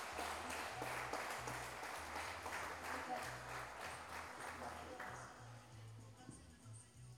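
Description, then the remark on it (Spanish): Steady applause from an audience at an intercultural gathering in Salta, for a woman fighter of the indigenous peoples, a dense, continuous patter of many hands clapping that holds strong throughout and thins slightly toward the end, with some voices mixed in underneath. “Aplauso fuerte para esta gran luchadora, esta guerrera de los pueblos originarios.”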